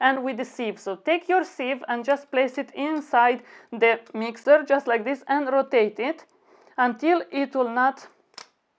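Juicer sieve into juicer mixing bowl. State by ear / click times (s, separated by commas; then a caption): seated / 8.4 s. Someone talks while a plastic sieve for a Nebula slow masticating juicer is placed inside the juicer's mixing bowl and rotated until it locks. A short, sharp tick at 8.4 s marks the sieve seating into the bowl.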